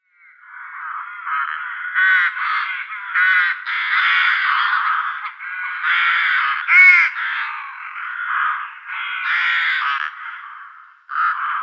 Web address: Schulze Peter Rook